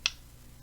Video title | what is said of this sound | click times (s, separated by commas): Diving into the WOTOFO Profile !! | You can hear it click down, and it will not turn at all. | 0.1 s